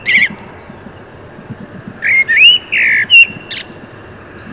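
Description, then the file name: Common blackbird giving a short twitter, then a phrase of rich fluted notes followed by a sharp high squeaky flourish. "Turdus merula"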